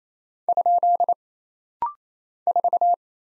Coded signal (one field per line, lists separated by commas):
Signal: Morse code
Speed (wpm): 27 wpm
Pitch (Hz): 700 Hz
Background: none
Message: ? 4